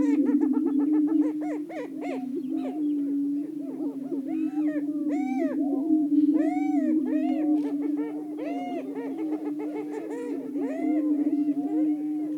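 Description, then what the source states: Greater prairie-chickens cackling loudly in rapid overlapping bursts over a steady low booming hum, with harsh squealing notes midway. Several greater prairie-chickens calling.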